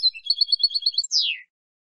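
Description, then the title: European goldfinch song: a quick run of bright, tinkling twittered notes, then a downslurred note falling away. "Jilguero"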